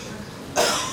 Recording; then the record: coughing mixed with background sound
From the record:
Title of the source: Spring Cold Coughing 2